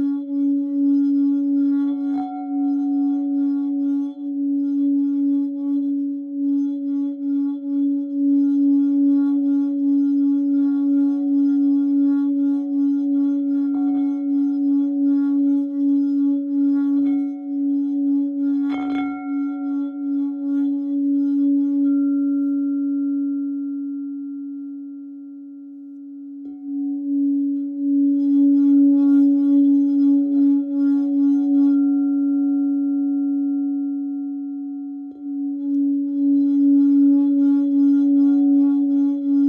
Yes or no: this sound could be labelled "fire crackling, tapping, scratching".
no